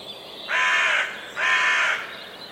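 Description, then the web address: Bird giving two harsh calls, each about half a second long, starting under a second apart. "cianscape. Deverinetal. Bird Only"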